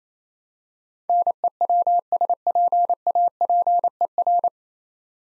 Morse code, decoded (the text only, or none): NEWSPAPER